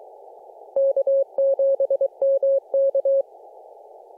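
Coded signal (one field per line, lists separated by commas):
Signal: Morse code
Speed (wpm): 27 wpm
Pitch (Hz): 560 Hz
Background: none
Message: K7MK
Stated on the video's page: Morse from a Summits On The Air activation on Burnt Mountain.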